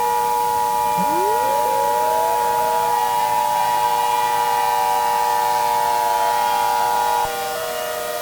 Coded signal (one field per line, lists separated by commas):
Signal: Emergency Alert System (SAME) tones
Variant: 853 and 960 Hz attention tone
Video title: EAS scenario: Turkey Point